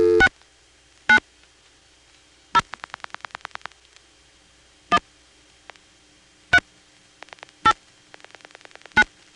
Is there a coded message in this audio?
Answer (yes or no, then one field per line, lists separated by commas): yes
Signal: DTMF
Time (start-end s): 0.2-9.0 s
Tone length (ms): 60 ms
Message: 6 9 0 1 3 8 9